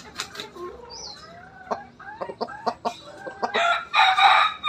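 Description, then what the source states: Chicken: rooster crows loudly near the end, after scattered clucks and chirping calls over a noisy background. Bangkok rooster crowing.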